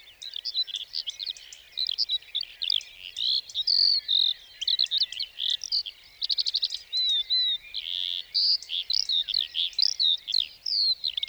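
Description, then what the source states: Lark song: a rapid, high-pitched stream of chirps, trills and short whistles with only brief pauses. Lark singing while perched on top of a bush on the plateau at Lesches-en-Diois, 29 March 2020, before full daybreak; sang for nearly fifteen minutes before flying off; stereo, Nagra Seven, cardioid MKH40 microphone.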